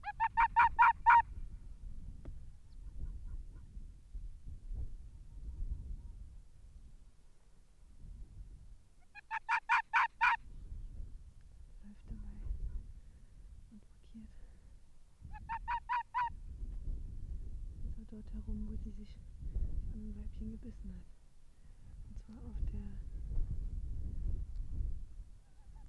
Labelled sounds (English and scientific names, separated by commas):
Arctic Fox (Vulpes lagopus)